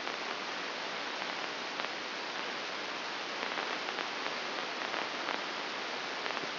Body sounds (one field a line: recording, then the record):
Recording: brain microelectrode recording played as sound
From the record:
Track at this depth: inside the subthalamic nucleus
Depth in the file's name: 5.861 mm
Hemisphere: left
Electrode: 2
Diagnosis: Parkinson's disease